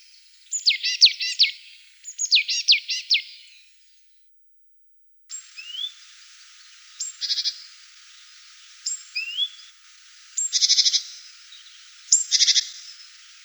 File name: Gaichka chernogolovaja